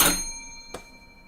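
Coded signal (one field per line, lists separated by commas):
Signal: bell signal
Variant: British railway block bell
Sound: a single bell ding ringing out, followed by a faint click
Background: small room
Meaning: One beat on the block bell means call attention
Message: 1 strike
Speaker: i heard of a ding of a bell earlier signalman calling attention yeah call attention is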